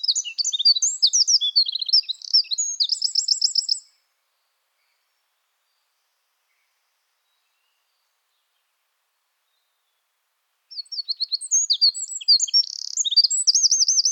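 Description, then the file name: Eurasian wren singing two energetic phrases of tumbling high chips and quick rattling trills, separated by roughly seven seconds of silence; the second phrase runs into a rolling trill at the end. "Troglodytes troglodytes"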